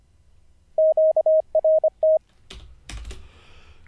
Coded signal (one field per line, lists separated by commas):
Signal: Morse code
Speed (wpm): 26 wpm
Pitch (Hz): 630 Hz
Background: none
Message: QRT